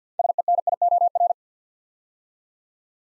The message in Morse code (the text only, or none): SENIOR